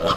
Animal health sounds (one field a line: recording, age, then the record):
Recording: pig call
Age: piglet (1 to 25 days)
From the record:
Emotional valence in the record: positive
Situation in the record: reunion after long isolation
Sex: female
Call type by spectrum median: low-frequency call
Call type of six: low-frequency tonal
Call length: 0.17 s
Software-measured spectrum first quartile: 474 Hz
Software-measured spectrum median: 1019 Hz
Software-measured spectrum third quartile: 1682 Hz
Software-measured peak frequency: 594 Hz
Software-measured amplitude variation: 126 dB a second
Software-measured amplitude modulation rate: 9.0 a second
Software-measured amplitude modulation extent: 14.0 dB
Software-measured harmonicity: 1.8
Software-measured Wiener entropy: -1.38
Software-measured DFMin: 888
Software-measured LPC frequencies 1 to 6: 580, 1238, 3215, 4645, 5239, 6587 Hz